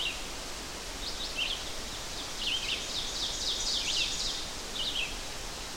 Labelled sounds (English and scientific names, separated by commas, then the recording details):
Ovenbird (Seiurus aurocapilla) song
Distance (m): 35 m
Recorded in boreal forest in Alberta, Canada, on 12 June 2016 at 06:03
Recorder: SongMeter 3, array SBT-3-18
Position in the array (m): 230 m, 88 m
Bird 31